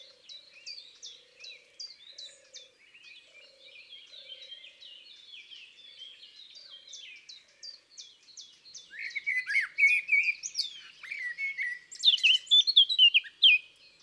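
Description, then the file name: Eurasian blackcap song: a soft, scratchy run of chattering notes that builds into louder, brighter phrases toward the end. Recorded in woods and forests. "Fauvette a tete noire Chants doiseaux des bois et des forets"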